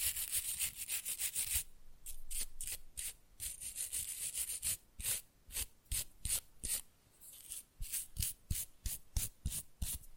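Fast, rough nail filing in quick back-and-forth strokes, each a bright scratchy burst. The strokes run almost continuously for the first two seconds, then come in separated rhythmic bursts, with short pauses near five and seven seconds. Light low taps sit under some strokes.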